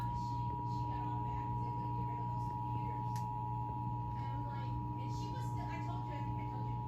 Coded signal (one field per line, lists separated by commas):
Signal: Emergency Alert System (SAME) tones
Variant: 853 and 960 Hz attention tone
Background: speech